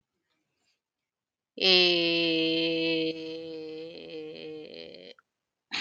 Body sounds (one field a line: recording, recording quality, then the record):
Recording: sustained vowel as in made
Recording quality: excellent, no background noise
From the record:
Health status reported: healthy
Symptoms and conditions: hypertension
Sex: female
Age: 42 years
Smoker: not ticked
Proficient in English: yes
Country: India